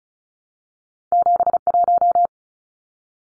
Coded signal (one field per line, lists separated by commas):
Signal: Morse code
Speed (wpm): 34 wpm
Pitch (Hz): 700 Hz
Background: none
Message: 71